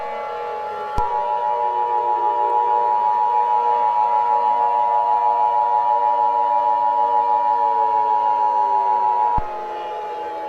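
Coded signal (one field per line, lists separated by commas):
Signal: Emergency Alert System (SAME) tones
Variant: 853 and 960 Hz attention tone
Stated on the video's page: Fictional nuclear meltdown alert scenario.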